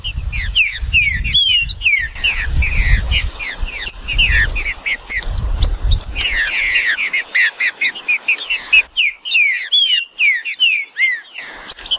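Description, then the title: Green-winged saltator song: dense strings of whistled, slurred notes over a continuous low rumble that fades partway through. Bird named Nicão in the bush, singing in a contest against a free-living bird. "Trinca Ferro NICÃ O No Mato Disputando Com Solto"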